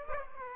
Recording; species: mosquito wingbeat signal from an infrared sensor; Aedes aegypti